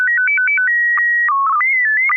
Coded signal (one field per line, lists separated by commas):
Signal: SSTV (slow-scan television)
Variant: PD 120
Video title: N6NA SSTV Net - 11/22/2023